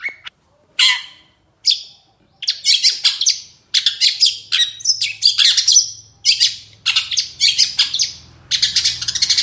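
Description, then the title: Long-tailed shrike song opening with a few separated harsh notes, then a fast stream of scratchy, buzzy phrases and squawks. Full varied song in the morning, with 'toet toet' notes; recording used as lure and tutor for other birds. "Cendet Gacor Dor Di Kala Pagi Toet Toet Variasi Suara. CENDET GACOR DOR FULL ISIAN - PENTET GACOR DOR"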